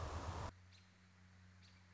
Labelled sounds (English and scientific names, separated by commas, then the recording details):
American Robin (Turdus migratorius)
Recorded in Sonoma County, California